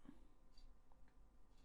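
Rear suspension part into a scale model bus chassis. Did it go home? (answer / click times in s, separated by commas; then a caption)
no / none. A small plastic or metal rear suspension part is being pressed down into its mount on the chassis of a 1:12 scale London Transport Routemaster bus, RM857. Only faint handling ticks and light scraping are heard over a steady low background hum. Nothing has seated or clicked yet.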